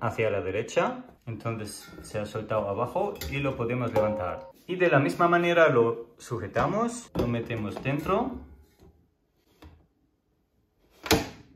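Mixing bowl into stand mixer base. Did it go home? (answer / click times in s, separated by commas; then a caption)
yes / 11.1 s. Someone talks while the mixing bowl of a pink 1000 W Bosch MUM 5 stand mixer (2021) is set into the mixer base and turned until it locks. After a short quiet stretch, a sharp double click sounds at 11.1 s and 11.1 s as the bowl seats firmly in place.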